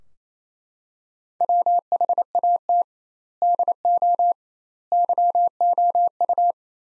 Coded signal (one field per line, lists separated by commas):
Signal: Morse code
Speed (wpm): 28 wpm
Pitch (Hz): 700 Hz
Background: none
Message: WHAT DO YOU